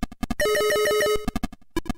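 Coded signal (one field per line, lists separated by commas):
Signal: none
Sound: ZX Spectrum game beeps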